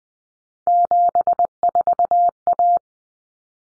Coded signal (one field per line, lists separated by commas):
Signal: Morse code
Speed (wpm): 20 wpm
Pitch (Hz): 700 Hz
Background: none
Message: 74A